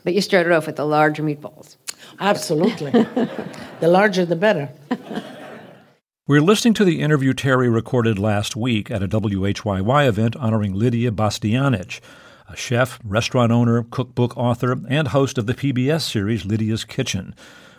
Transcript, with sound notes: But you started off with the large meatballs.
Absolutely. The larger the better.
(LAUGHTER)
We're listening to the interview Terry recorded last week at a WHYY event honoring Lidia Bastianich, a chef, restaurant owner, cookbook author and host of the PBS series "Lidia's Kitchen."